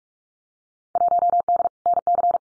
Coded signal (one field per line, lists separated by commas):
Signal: Morse code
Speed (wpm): 46 wpm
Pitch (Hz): 700 Hz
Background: none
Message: 1D NC